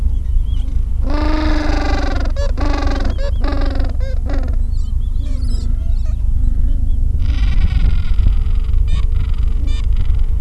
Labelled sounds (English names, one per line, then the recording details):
Gentoo Penguin
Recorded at the colony at Whistle Cove, on 23 December 2014
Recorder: Song Meter SM2+